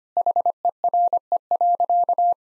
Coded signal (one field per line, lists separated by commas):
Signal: Morse code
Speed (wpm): 25 wpm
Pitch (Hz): 700 Hz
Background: none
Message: HERE.